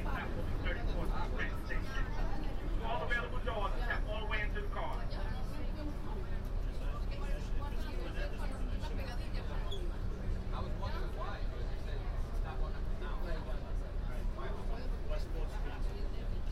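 Aboard a downtown local train, a steady low rumble of the car runs beneath overlapping voices, with occasional brief squeaks and clatters throughout.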